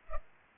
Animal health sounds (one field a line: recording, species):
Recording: mosquito wingbeat signal from an infrared sensor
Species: Culex pipiens